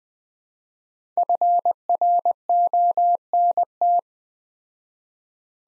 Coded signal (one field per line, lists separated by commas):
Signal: Morse code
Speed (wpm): 20 wpm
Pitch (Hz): 700 Hz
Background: none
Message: FRONT